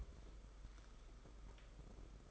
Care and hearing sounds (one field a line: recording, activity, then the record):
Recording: daily activity, microphone in the room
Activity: take from stove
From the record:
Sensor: 5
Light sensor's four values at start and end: 32/103/39/42 and 32/102/39/42